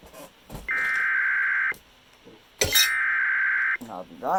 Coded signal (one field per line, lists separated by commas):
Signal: Emergency Alert System (SAME) tones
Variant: header bursts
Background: speech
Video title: EAS 1647 SVR NWS Austin/San Antonio